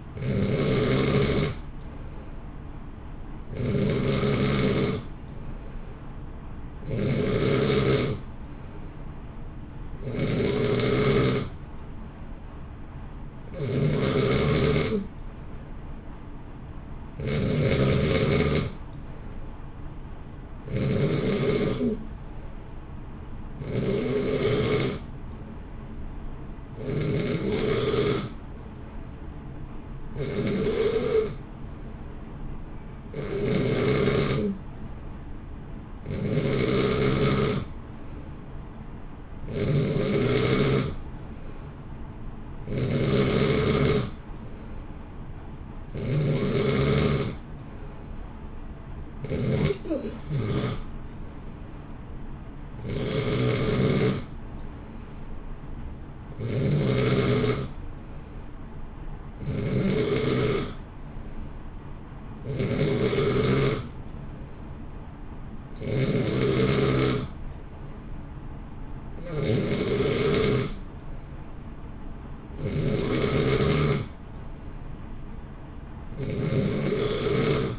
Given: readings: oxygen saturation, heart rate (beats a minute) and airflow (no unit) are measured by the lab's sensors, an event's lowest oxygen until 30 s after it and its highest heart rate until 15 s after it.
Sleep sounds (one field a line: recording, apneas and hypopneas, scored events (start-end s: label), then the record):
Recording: breathing in sleep by a smartphone at the bedside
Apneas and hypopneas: none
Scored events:
31.00-61.00 s: new sleep stage, N3 (deep sleep)
61.00-77.79 s: new sleep stage, N2 (light sleep)
From the record:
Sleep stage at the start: N2 (light sleep)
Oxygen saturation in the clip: 89 to 91%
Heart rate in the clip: 57 to 64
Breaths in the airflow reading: 26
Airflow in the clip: -0.7 to 0.9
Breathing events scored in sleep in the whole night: 328 in 6.3 hours asleep